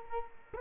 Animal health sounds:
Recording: mosquito wingbeat signal from an infrared sensor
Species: Culex quinquefasciatus

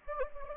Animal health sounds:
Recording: mosquito wingbeat signal from an infrared sensor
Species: Anopheles gambiae

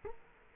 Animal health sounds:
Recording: mosquito wingbeat signal from an infrared sensor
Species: Culex quinquefasciatus

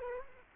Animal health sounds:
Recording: mosquito wingbeat signal from an infrared sensor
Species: Culex quinquefasciatus

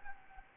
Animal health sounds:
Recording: mosquito wingbeat signal from an infrared sensor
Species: Anopheles gambiae

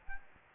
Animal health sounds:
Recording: mosquito wingbeat signal from an infrared sensor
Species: Aedes albopictus

